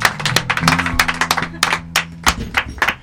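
A short burst of applause from a small group during a radio show, greeting the arrival of beers: rapid, irregular, sharp claps piling over one another for about three seconds, with a faint murmur of voices underneath.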